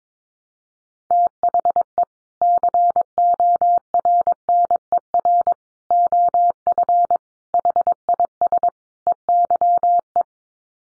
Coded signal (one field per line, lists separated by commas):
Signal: Morse code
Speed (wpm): 22 wpm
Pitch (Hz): 700 Hz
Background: none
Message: THE CORNER OF HIS EYE